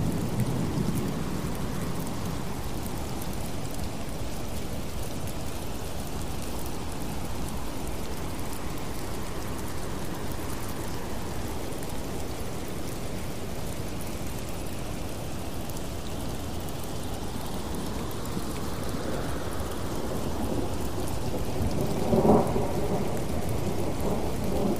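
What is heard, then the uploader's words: Steady rain hisses throughout, dense and even, with a deep rumble of thunder swelling and rolling in the low end across the middle of the recording. Around the twenty-second mark a brief, sharper crack stands out above the constant downpour. Thunderstorm Sounds With Rain White Noise.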